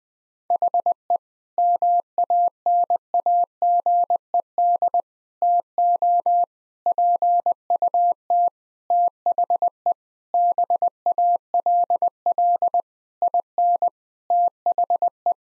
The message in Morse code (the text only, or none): HE MANAGED TO PUT THE BALL IN THE